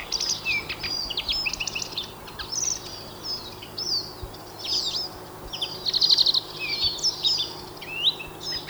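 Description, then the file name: European greenfinch twittering: a busy run of high chirps, short notes and brief trills. "Chloris chloris"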